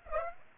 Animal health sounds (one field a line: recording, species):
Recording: mosquito wingbeat signal from an infrared sensor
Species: Aedes aegypti